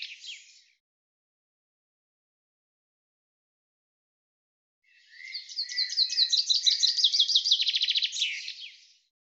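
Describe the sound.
Bird song. The tail of one phrase is followed by a long silence, then a full trilled phrase of repeated downslurred notes that quickens into a dense rattle near its end.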